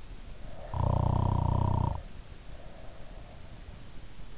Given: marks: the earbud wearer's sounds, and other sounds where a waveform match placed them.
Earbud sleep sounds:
sounds in sleep by an in-ear microphone; snoring breath
0.51-3.60 s: snoring breath

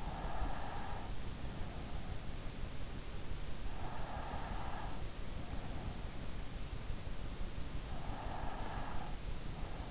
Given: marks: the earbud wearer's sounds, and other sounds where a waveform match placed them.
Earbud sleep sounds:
sounds in sleep by an in-ear microphone; breath
0.00-1.31 s: breath
3.23-5.94 s: breath
8.00-9.54 s: breath

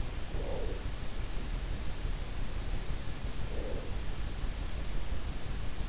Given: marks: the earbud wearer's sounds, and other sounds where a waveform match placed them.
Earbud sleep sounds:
sounds in sleep by an in-ear microphone; breath
0.00-1.21 s: breath
3.10-4.33 s: breath

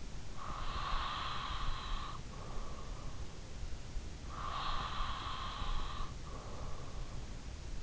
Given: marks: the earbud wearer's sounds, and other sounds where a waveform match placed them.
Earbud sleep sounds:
sounds in sleep by an in-ear microphone; breath
0.00-2.62 s: breath
3.99-7.42 s: breath

